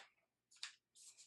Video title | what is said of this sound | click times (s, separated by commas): Nikon Z 70-200mm f/2.8 VR S II Unboxing, Sort Of B | And it locks in place. | 0.6 s